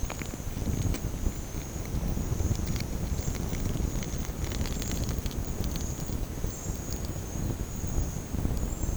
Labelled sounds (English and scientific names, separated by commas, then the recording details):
none
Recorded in pastures near Puerto Asís, Putumayo, Colombia, on 22 June 2025 at 10:30
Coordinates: 0.496, -76.326
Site GP01